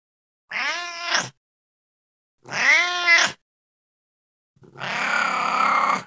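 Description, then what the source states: Cat meowing twice in strained, rising-then-falling cries, followed by a harsher, noisier, more grating yowl. Old cat.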